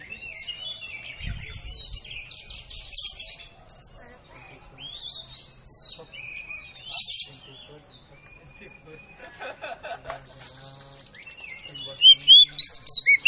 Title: KACER NGOTOT FULL TEMBAKAN. Kacer Betina Memanggil Jantan Dalam hitungan Detik Langsung Nyautt